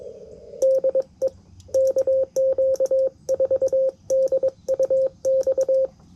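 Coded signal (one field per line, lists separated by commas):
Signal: Morse code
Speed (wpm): 22 wpm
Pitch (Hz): 530 Hz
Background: radio noise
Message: DE KQ4DUX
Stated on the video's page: POTA activation with Yaesu FT-710, CW on 30m and 20m, after poor band conditions.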